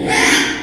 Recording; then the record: squeal of a Yucatan mini pig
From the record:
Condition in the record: after surgery on the right vocal fold (resection and tissue-engineered implant); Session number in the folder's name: 3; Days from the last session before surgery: 33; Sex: male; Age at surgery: 12 weeks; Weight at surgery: 13 kg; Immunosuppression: cyclosporine, prednisolone